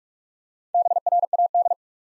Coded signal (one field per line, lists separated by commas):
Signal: Morse code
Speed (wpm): 44 wpm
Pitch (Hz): 700 Hz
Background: none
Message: BRAD